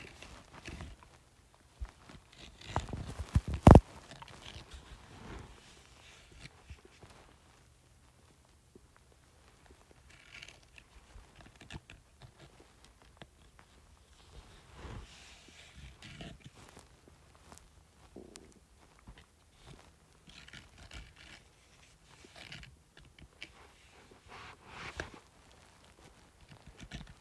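Scratching on a bumpy surface: irregular, rough scrapes and knocks come in short bursts throughout, with quieter gaps between. A loud, sharp clatter stands out near the four-second mark, and the later strokes are softer and fairly evenly spread.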